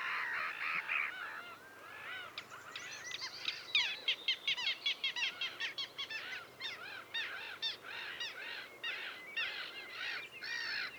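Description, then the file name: Little gull calls, a rapid chattering series of short nasal notes. "Dvargmas"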